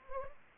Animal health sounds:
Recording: mosquito wingbeat signal from an infrared sensor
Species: Anopheles arabiensis

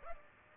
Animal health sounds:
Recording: mosquito wingbeat signal from an infrared sensor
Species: Culex pipiens

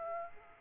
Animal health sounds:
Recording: mosquito wingbeat signal from an infrared sensor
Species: Aedes aegypti

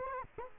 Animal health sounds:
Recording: mosquito wingbeat signal from an infrared sensor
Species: Culex quinquefasciatus

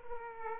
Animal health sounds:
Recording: mosquito wingbeat signal from an infrared sensor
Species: Aedes aegypti

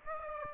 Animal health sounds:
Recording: mosquito wingbeat signal from an infrared sensor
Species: Aedes aegypti

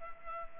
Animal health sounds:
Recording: mosquito wingbeat signal from an infrared sensor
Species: Culex pipiens

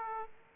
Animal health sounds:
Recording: mosquito wingbeat signal from an infrared sensor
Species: Aedes aegypti

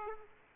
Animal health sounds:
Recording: mosquito wingbeat signal from an infrared sensor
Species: Aedes aegypti

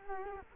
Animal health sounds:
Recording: mosquito wingbeat signal from an infrared sensor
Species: Culex quinquefasciatus

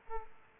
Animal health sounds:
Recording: mosquito wingbeat signal from an infrared sensor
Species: Aedes aegypti

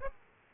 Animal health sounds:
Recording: mosquito wingbeat signal from an infrared sensor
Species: Aedes aegypti

